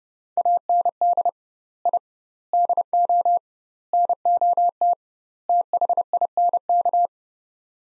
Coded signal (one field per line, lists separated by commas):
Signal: Morse code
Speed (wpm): 32 wpm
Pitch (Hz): 700 Hz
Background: none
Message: AND I DO NOT THINK